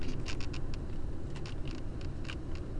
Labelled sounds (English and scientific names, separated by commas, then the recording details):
none
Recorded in Germany
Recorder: ecoPi